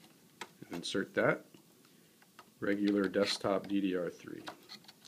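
A desktop DDR3 memory stick is handled at the motherboard RAM slot of a Dell Optiplex 3010 while someone talks, with a few faint ticks and taps of handling. Nothing has seated or clicked yet.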